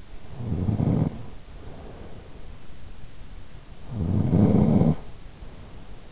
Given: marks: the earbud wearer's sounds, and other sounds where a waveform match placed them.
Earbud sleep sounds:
sounds in sleep by an in-ear microphone; snoring breath
0.54-2.95 s: snoring breath
4.02-6.06 s: snoring breath

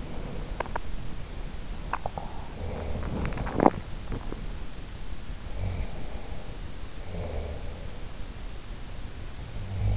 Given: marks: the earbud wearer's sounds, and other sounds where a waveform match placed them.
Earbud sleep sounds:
sounds in sleep by an in-ear microphone; teeth grinding, swallowing
0.00-1.24 s: teeth grinding
1.71-2.40 s: teeth grinding
2.70-4.12 s: swallowing

